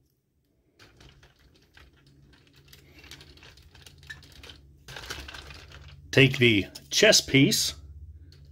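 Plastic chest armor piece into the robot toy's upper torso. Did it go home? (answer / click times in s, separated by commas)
yes / 8.3 s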